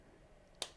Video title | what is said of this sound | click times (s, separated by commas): How to Change Battery on a GoPro Hero 8 | and you'll see, you heard the click, and you'll see the red little tab there, and then you have to just lift it up. | 0.6 s